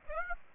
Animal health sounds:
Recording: mosquito wingbeat signal from an infrared sensor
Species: Aedes aegypti

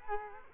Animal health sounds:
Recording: mosquito wingbeat signal from an infrared sensor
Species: Culex quinquefasciatus

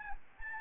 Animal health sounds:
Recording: mosquito wingbeat signal from an infrared sensor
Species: Aedes albopictus

